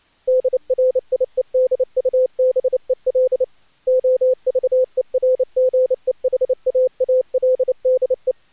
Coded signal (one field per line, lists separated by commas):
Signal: Morse code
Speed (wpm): 29 wpm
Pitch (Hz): 510 Hz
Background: none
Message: DRIEDUBEL OVERGEHAALDE